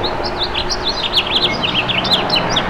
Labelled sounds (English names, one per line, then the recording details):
House Finch song
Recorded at Freeport on Long Island, New York, on 28 May 2013
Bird C